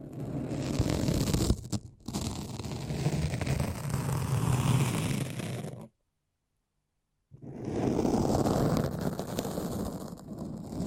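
Foamy, sticky massaging sounds fill the clip with a dense, crackling, squelching texture that stays fairly even. A brief dip comes near the two-second mark, then the sound cuts to full silence from about six to seven seconds before the same wet crackle resumes.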